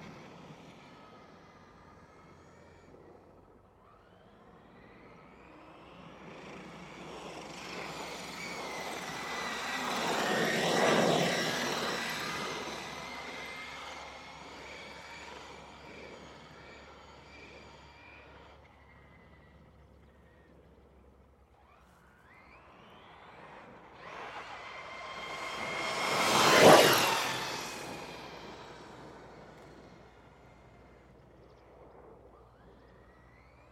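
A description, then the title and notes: An RC monster truck's brushless motor whines past twice on asphalt, with tire noise underneath. The first pass swells slowly to a peak around 11 seconds and fades. A second, sharper pass rises to a loud, bright peak near 27 seconds before dropping away. RC Monster Truck Sound. This recording captures my RC truck's brushless motor and tire sound on an asphalt village road. Recorded using Zoom F6 with Rode NT-5 matched pairs with NOS configuration. Master audio is 32-bit 192kHz, rendered to 16-bit 48kHz using WaveLab.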